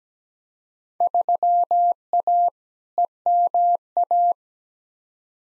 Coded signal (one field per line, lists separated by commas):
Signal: Morse code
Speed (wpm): 17 wpm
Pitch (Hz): 700 Hz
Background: none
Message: 3A EMA